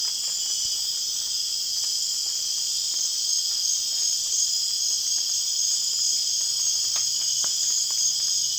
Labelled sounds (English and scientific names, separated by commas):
none